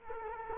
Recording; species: mosquito wingbeat signal from an infrared sensor; Culex quinquefasciatus